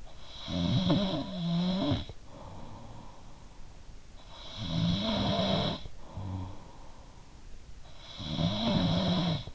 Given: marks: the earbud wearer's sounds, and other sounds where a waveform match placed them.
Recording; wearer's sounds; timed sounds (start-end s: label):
sounds in sleep by an in-ear microphone; snoring breath
0.00-9.55 s: snoring breath